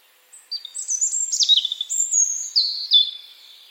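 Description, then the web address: European robin song, a single phrase of high thin whistles and quick twittering notes. "cianscape birddata Deverinetal 2025 File origin Bird Only Er Ru"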